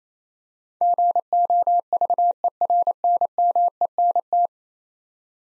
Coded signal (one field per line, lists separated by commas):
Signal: Morse code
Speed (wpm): 28 wpm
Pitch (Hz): 700 Hz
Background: none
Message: GOVERNMENT